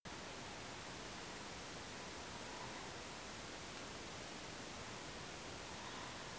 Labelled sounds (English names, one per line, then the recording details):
none
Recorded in France